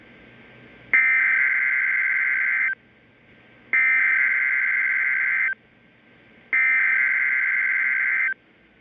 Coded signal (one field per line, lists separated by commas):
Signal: Emergency Alert System (SAME) tones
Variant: header bursts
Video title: idk anymore: EAS#317-351 (EAS Alerts from 5/29-5/30)